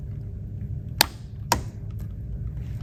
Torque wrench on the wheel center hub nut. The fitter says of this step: until the torque wrench clicks or indicates uh 50 newon m of tightening torque